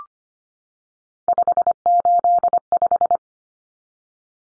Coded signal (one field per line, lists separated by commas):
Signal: Morse code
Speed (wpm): 25 wpm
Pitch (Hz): 700 Hz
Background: none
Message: 585